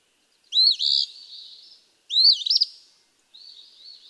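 Eastern phoebe song, two emphatic raspy fee-bee phrases about one and a half seconds apart, trailing into a soft buzzy note.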